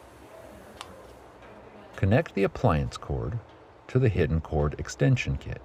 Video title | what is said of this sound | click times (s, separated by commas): High Temperature Hidden Cord Kit | squeeze to insert then release to lock into place | 0.8 s